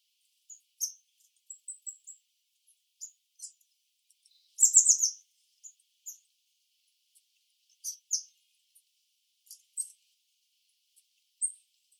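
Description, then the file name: Eurasian blue tit calls, thin high notes scattered throughout with one louder burst of rapid notes near the middle and sharp single notes after it. "Cyanistes caeruleus"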